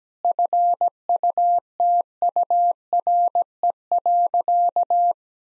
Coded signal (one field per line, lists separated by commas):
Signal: Morse code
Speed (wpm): 17 wpm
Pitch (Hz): 700 Hz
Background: none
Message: FUTURE.